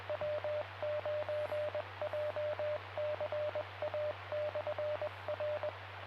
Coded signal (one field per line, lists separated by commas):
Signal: Morse code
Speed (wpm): 20 wpm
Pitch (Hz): 600 Hz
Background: radio noise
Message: W9JCA/R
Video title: April 22, 2025: Jay County Amateur Radio Club Tuesday Net starts at 7 PM Eastern.